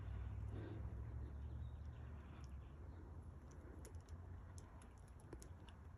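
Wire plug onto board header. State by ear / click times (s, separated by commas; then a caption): not seated / none. A colored wire plug is pushed onto a board header pin with its catch lined up to the notch, over a steady low rumble with a few faint, brief high ticks near 2.4, 3.9, 4.6, 5.4 and 5.7 seconds. The connector fails to click in: nothing has seated or clicked, and the plug comes back out.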